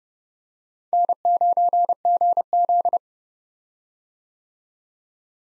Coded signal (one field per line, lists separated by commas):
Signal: Morse code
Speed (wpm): 31 wpm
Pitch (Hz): 700 Hz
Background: none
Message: N9GZ